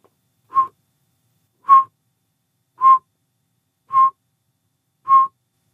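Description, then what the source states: Northern pygmy owl giving single clear whistled toots, evenly spaced about once every second, five notes in all, with silence between them. Heard in evenings over the past three or four weeks in mixed conifer forests of Colorado, particularly in the mountains.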